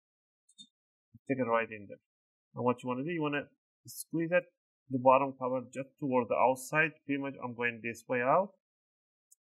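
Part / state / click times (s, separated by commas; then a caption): laptop bottom cover clip releasing from the palm rest / released / 9.3 s. A pry tool is wedged between the palm rest and the plastic bottom cover of a Lenovo ThinkBook 14 IIL Model 20SL laptop and twisted outward to remove the cover for an SSD storage upgrade. Someone talks through most of the clip, and a short, sharp click at 9.3 s marks a retaining clip unsnapping as the bottom cover pops open from the palm rest.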